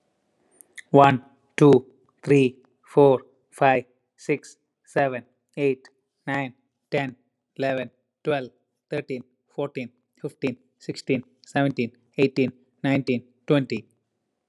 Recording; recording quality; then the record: counting at a normal pace; excellent, no background noise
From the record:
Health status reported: healthy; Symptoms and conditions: none ticked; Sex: male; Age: 38 years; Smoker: not ticked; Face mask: not worn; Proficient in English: yes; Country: India